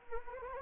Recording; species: mosquito wingbeat signal from an infrared sensor; Anopheles arabiensis